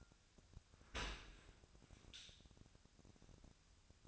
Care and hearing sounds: daily activity, microphone in the room; open dishwasher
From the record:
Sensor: 2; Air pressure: 1006.6 hPa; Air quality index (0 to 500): 202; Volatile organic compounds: 14 ppm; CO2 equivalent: 2470 ppm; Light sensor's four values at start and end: 9/22/9/9 and 9/22/9/9

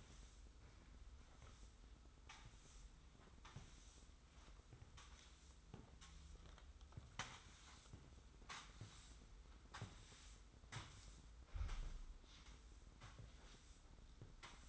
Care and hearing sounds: daily activity, microphone in the room; sweep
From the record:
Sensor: 3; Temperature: 25.5 degrees Celsius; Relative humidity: 43.4%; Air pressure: 990.4 hPa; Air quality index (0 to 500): 196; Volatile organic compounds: 1000 ppm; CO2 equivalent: 6413 ppm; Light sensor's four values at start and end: 41/97/39/37 and 38/90/36/34

